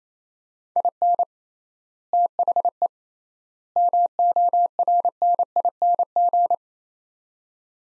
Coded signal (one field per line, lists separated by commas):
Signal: Morse code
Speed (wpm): 28 wpm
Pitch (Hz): 700 Hz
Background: none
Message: IN THE MORNING